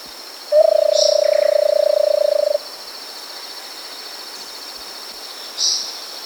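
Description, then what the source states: Versicolored barbet song: a steady, low purring trill of rapid pulses lasting about two seconds, over a constant high insect-like hum, with brief high notes. South America.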